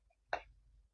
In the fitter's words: കണ്ടോ, അതും ലോക്ക് ആയിട്ടുണ്ട്.